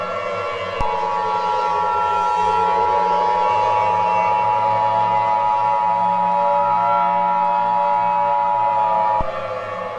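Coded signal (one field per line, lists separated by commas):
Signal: Emergency Alert System (SAME) tones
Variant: 853 and 960 Hz attention tone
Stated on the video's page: Valid EAS tones in a fictional scenario.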